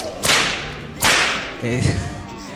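Two sharp whip cracks about a second apart, each a bright, loud snap that trails off in a hissy tail, followed by a softer, lower swishing crack.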